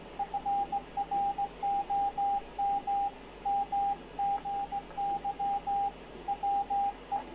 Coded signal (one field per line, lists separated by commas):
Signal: Morse code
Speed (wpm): 17 wpm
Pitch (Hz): 800 Hz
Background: radio noise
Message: FROM MGY WE